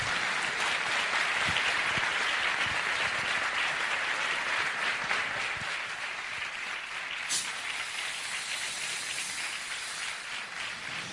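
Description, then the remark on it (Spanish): Sustained audience applause for guest Antonio Puente Mayor at the fifth Jornadas de Misterio y Leyendas in Villa de Bormujos, a dense crackle of many hands clapping at a steady, fairly loud level that tapers slightly toward the end, with no one talking over it. “Pues demos un fuerte aplauso a Antonio Puente Mayor.”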